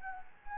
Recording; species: mosquito wingbeat signal from an infrared sensor; Anopheles gambiae